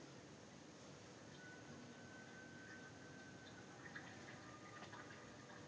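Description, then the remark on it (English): Liquor is poured steadily into a glass for several seconds, a soft continuous gurgle whose faint ringing pitch climbs as the glass fills, with no one talking. “The water of the Highlands.”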